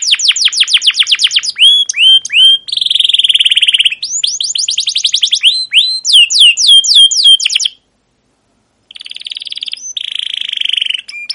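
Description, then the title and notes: Canary song of quick descending chirps and buzzy trills in varied phrases, a second of silence, then a softer high rolling trill. Long, continuous chirping canary song, used as a lure and master recording for teaching young captive canaries. "CUIT CUIT NGEROL GACOR PANJANG Kenari Pancingan KENAR. PANCINGAN Kenari GACOR PANJANG Cuit CUIT EMOSI MASTERAN Kenari PAUD belajar BUNYI. burung kenari"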